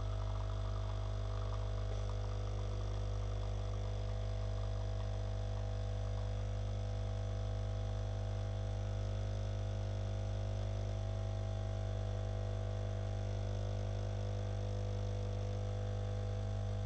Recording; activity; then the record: daily activity, microphone in the room; make coffee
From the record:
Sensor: 4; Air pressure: 995.4 hPa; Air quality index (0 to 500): 214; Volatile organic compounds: 243 ppm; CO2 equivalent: 4341 ppm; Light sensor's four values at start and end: 26/80/31/32 and 26/80/31/32